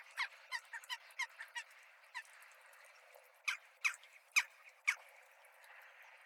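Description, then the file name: Crows giving a quick run of harsh, clipped calls, then a pause, then four louder, spaced squawks. "Crows Chattering"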